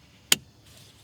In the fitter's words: on the car so you literally just align up the connector hear the click and then